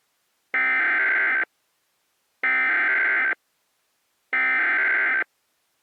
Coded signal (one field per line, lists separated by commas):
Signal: Emergency Alert System (SAME) tones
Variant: header bursts